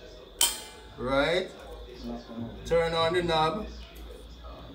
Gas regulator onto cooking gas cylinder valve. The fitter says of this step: put it on and squeeze it till you hear a click sound, right?